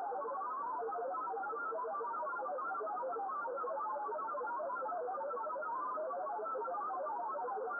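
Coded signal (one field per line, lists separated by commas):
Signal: multi-tone FSK (Olivia or MFSK type)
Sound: steady warbling stream of short tones randomly hopping pitch within a band, over hiss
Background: radio static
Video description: Short QSO with Rob, G7LAS on Olivia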